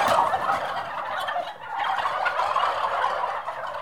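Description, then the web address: Turkeys gobbling in dense, overlapping rattling bursts that continue throughout, with a brief dip in the middle before resuming. Several six-month-old turkeys, kept as livestock. "The BBC Sound Effects Library. Turkeys 6 Months Old"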